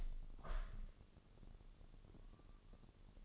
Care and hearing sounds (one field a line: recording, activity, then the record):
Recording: daily activity, microphone in the room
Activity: open window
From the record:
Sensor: 4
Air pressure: 1001.3 hPa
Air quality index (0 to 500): 175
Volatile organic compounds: 2 ppm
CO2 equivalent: 1249 ppm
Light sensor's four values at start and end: 12/27/11/12 and 12/28/11/12